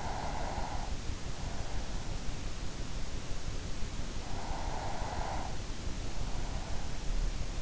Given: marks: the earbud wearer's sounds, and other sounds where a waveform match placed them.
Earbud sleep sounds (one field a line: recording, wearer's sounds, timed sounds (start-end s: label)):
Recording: sounds in sleep by an in-ear microphone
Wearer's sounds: breath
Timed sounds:
0.00-1.09 s: breath
4.06-5.77 s: breath